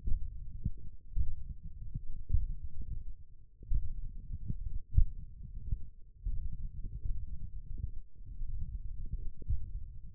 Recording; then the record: forearm muscle sounds (acoustic myography)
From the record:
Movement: tripod grip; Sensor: system 1, eight BSWA MPA416 microphones around the upper forearm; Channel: 2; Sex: male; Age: 21 years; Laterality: right